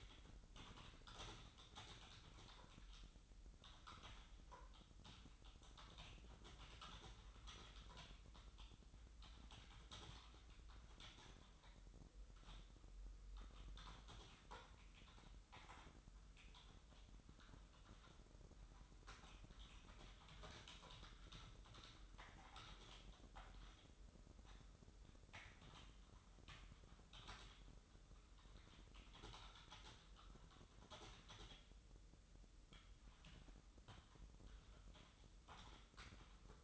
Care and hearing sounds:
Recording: daily activity, microphone in the room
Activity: typing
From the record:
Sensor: 3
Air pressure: 988.8 hPa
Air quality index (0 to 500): 205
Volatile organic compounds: 442 ppm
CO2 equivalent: 4738 ppm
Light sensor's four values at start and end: 25/81/33/30 and 25/81/33/30

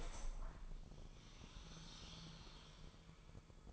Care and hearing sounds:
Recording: daily activity, microphone in the room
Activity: open window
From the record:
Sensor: 5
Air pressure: 1000.0 hPa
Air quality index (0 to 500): 247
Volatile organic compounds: 34 ppm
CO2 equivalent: 3033 ppm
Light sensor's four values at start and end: 34/80/32/30 and 35/80/32/31

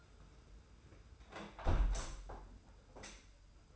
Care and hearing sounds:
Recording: daily activity, microphone in the room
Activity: close window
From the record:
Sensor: 2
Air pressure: 991.1 hPa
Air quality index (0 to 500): 127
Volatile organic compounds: 123 ppm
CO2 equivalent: 3891 ppm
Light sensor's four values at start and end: 38/108/43/41 and 37/108/42/40

